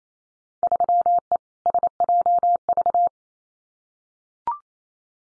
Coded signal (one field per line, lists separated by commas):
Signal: Morse code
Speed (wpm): 28 wpm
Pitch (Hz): 700 Hz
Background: none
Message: 3E SJV